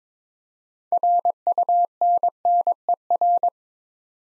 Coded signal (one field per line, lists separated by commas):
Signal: Morse code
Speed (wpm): 22 wpm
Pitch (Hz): 700 Hz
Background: none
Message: RUNNER